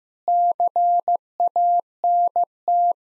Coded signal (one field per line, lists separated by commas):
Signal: Morse code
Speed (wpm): 15 wpm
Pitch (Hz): 700 Hz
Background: none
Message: CANT